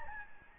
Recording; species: mosquito wingbeat signal from an infrared sensor; Aedes albopictus